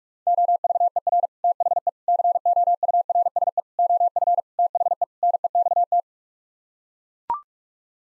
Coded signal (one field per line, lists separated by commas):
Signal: Morse code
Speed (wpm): 43 wpm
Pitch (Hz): 700 Hz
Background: none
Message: OVER THE COURSE OF THE NEXT